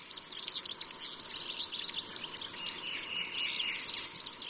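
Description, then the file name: European serin song, a fast, sizzling, glassy jingle of very high notes running almost continuously, dipping briefly in volume midway before resuming. "Verzellino"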